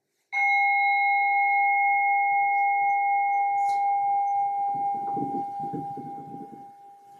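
A single bell is struck once and rings on with a clear, steady tone that slowly fades over several seconds, with no talking; the bell opens a three-minute practice period in a Dharma practice session.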